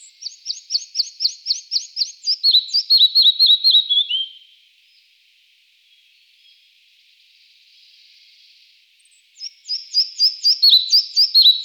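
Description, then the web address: Red-breasted flycatcher singing two phrases, each a quick series of high repeated notes dropping into descending slurred whistles, separated by about five seconds of near silence. "IVN Zangvogels Kleine vliegenvanger"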